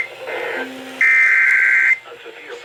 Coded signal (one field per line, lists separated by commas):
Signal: Emergency Alert System (SAME) tones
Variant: header bursts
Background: speech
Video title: THE DIKK AND BAWLZ STORM... EAS Alerts from 5/21/22 (EAS #7,004 - 7,022)